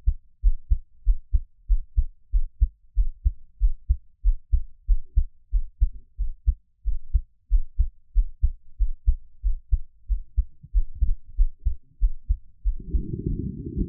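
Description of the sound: An adult's steady, regular, low thumping heartbeat at about 94 beats a minute, picked up close to the microphone with no talking, with rustling noise near the end.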